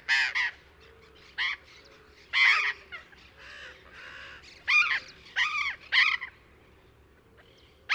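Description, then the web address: Burrowing parrot giving scattered harsh screeches, irregular and separated by pauses, with softer calls between the louder ones. "parrots cyanoliseus-patagonus"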